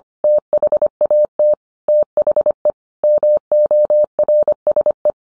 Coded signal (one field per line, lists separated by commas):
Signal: Morse code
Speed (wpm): 25 wpm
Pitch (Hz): 600 Hz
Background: none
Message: THAT THE MORSE